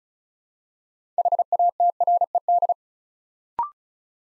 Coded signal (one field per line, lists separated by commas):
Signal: Morse code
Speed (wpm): 36 wpm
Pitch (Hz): 700 Hz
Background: none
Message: HATRED